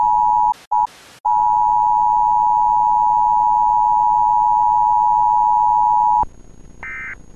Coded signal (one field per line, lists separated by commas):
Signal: Emergency Alert System (SAME) tones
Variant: 853 and 960 Hz attention tone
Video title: "Emergency Alert System" EAS